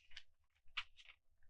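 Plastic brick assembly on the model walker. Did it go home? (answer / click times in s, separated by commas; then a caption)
yes / 0.8 s. A plastic brick assembly is pressed into place on a LEGO AT-ST model walker (set 75332). A series of small clicks leads to a louder snap at 0.8 s, and the assembly seats firmly.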